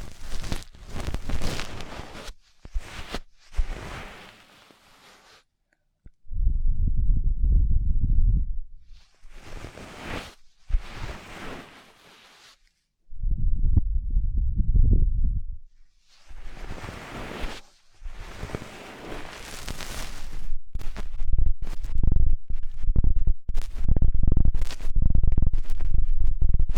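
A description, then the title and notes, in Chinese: Ear-cleaning ASMR in alternating bursts: bright, crackly scratching and rubbing sweeps trade off with deep, muffled rumbling stretches around 6–9 and 13–15 seconds. Short silent gaps separate the passes, and the final seconds turn into denser, continuous scratching. 3D颅内直升机 穿过大脑的强力掏耳。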